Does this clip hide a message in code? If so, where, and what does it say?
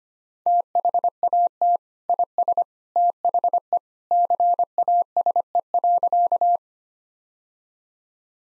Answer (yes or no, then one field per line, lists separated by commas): yes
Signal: Morse code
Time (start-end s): 0.5-6.6 s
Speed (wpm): 25 wpm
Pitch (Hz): 700 Hz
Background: none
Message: THAT IS THE CASE.